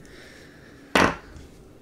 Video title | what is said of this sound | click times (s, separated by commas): How to make a Locking Knife legal to carry in the UK | the moment it latches beyond that it clicks into place and it stops the blade from coming back and | 1.0 s